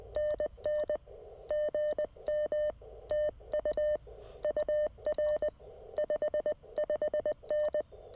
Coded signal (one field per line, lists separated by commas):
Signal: Morse code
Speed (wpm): 20 wpm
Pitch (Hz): 600 Hz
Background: none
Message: NN GM TU UR 55N